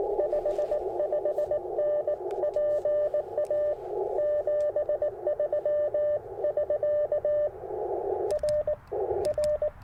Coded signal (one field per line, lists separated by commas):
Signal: Morse code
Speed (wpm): 19 wpm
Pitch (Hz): 600 Hz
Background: radio noise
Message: 55N PA 73 <SK> R R